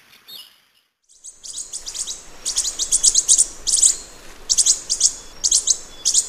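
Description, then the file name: Lorikeet chatter: after a near-silent opening, shrill, rapid screeching notes begin and build into steady, noisy bursts of high squeals. "Лори -Лорикет -Попугай -Голоса-птиц"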